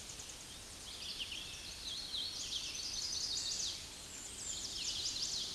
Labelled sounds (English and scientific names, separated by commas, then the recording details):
Hooded Warbler (Setophaga citrina) song
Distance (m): 60 m
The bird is about 10 m above the microphone
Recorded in a Pennsylvania forest on 16 May 2024 at 08:13
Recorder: AudioMoth, point MSD-2306
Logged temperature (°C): 15.6 °C
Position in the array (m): 99 m, 92 m